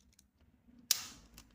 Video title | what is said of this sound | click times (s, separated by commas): Perbedaan Break Go Ga dan Crush Gear #toys , #crushgear | Nah, udah klik. | 0.9 s